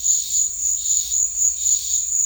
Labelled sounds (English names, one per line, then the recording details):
none
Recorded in secondary vegetation near Puerto Asís, Putumayo, Colombia, on 8 March 2025 at 15:30
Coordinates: 0.499, -76.323
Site G094